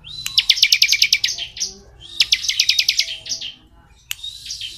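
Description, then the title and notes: Bar-winged prinia singing two quick high trills of fast-repeated notes, each ending in a thin whistle, with a soft low hum behind. Ciblek 'ngebren' song style, used as tutor audio for white-rumped shamas (murai batu). "Ciblek Ngebren Untuk Masteran Murai Batu. Suara burung ciblek - Suara Nada"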